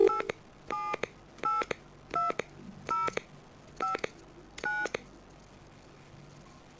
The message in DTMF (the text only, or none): 8782059